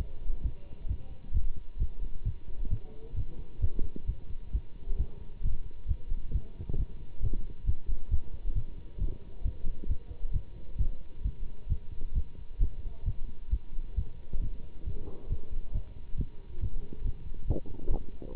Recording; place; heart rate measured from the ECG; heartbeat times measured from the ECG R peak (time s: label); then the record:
heart sounds by stethoscope; between the tricuspid and mitral areas; 134 bpm
0.43 s: heartbeat
0.88 s: heartbeat
1.33 s: heartbeat
1.79 s: heartbeat
2.24 s: heartbeat
2.70 s: heartbeat
3.15 s: heartbeat
3.61 s: heartbeat
4.07 s: heartbeat
4.52 s: heartbeat
4.98 s: heartbeat
5.42 s: heartbeat
5.87 s: heartbeat
6.32 s: heartbeat
6.77 s: heartbeat
7.21 s: heartbeat
7.66 s: heartbeat
8.10 s: heartbeat
8.55 s: heartbeat
8.99 s: heartbeat
9.43 s: heartbeat
9.88 s: heartbeat
10.33 s: heartbeat
10.77 s: heartbeat
11.23 s: heartbeat
11.69 s: heartbeat
12.14 s: heartbeat
12.60 s: heartbeat
13.05 s: heartbeat
13.50 s: heartbeat
13.95 s: heartbeat
14.40 s: heartbeat
14.85 s: heartbeat
15.29 s: heartbeat
15.73 s: heartbeat
16.17 s: heartbeat
16.60 s: heartbeat
17.03 s: heartbeat
17.47 s: heartbeat
17.90 s: heartbeat
18.33 s: heartbeat
From the record:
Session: Bruce protocol treadmill stress test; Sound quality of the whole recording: good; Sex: male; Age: 24 years